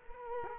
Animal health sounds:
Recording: mosquito wingbeat signal from an infrared sensor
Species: Culex quinquefasciatus

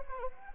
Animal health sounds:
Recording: mosquito wingbeat signal from an infrared sensor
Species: Anopheles gambiae

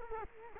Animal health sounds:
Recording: mosquito wingbeat signal from an infrared sensor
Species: Culex quinquefasciatus

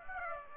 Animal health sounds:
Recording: mosquito wingbeat signal from an infrared sensor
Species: Aedes aegypti

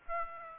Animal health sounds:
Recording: mosquito wingbeat signal from an infrared sensor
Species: Aedes aegypti

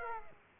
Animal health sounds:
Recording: mosquito wingbeat signal from an infrared sensor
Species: Aedes aegypti

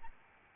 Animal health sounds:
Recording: mosquito wingbeat signal from an infrared sensor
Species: Aedes albopictus

